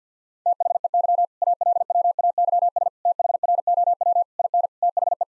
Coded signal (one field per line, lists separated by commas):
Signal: Morse code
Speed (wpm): 50 wpm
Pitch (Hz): 700 Hz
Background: none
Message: THEY ALWAYS THROW IN THE